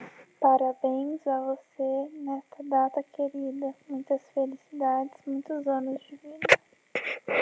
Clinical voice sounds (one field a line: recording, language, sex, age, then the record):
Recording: short text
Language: Brazilian Portuguese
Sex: female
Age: 20 to 29 years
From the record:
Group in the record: control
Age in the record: 24 years